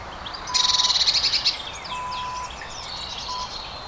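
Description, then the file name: A bird gives a rapid, rattling trill of about a second, followed by softer high chirps, with a few brief steady tones in the background. Countryside setting in winter. "Quiet Birds Country Winter"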